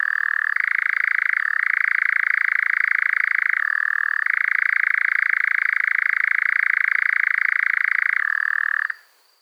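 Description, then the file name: European nightjar giving a continuous, rattling churr that switches between higher and lower pitch several times, then stops abruptly near the end. "ENGOULEVENT"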